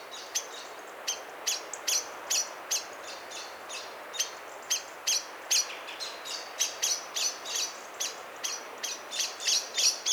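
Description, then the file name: Common blackbird uttering a nearly continuous stream of sharp chink notes, uneven in spacing and loudness, with light background hiss. "Turdus merula"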